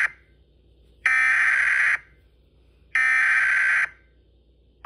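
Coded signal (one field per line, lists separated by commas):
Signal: Emergency Alert System (SAME) tones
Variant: header bursts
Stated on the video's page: Fictional EAS scenario.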